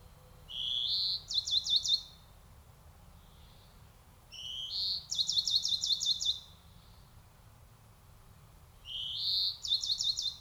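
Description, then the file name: European greenfinch giving three phrases, each a short rising buzzy note followed by a rapid run of clipped trilled notes, separated by roughly two to three seconds of quiet. "Chloris chloris"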